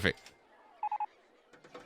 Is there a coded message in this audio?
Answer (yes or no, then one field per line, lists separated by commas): no